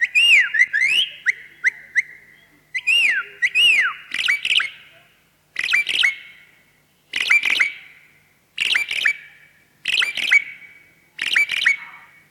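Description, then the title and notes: Javan pied starling giving looping whistled slurs, then repeated sharp clicking notes paired with raspy bursts at a steady rhythm. "Jalak Uren bird sounds"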